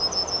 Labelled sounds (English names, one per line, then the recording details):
Yellowhammer song
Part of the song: start
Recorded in the Czech Republic on 12 April 2015
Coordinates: 50.045, 16.178
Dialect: BE
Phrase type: D17
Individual ch002